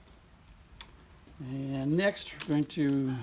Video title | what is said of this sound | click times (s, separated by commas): Testing Bruce's 190SL Solex Carbs | and this I have this already loosened for that purpose so I can just pop it in place | 0.8 s